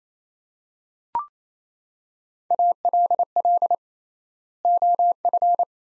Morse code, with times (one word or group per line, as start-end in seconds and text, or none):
2.5-3.7 ALL
4.6-5.6 OF